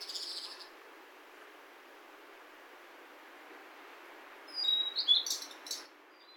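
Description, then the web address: Bird calling with a brief burst of high chirps near the end, after a short high note at the start; otherwise quiet background hiss. "yacho koe"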